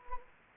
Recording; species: mosquito wingbeat signal from an infrared sensor; Anopheles gambiae